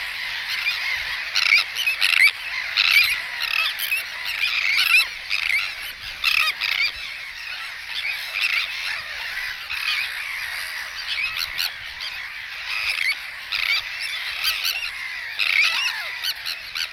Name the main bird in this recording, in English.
Sandwich Tern